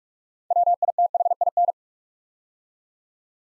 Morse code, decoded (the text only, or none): WITHIN